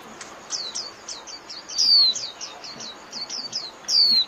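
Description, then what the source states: White-eye calls: a series of high chirps, interrupted twice by a longer, clear, falling whistle. Lure call (mồi) used for trapping white-eyes.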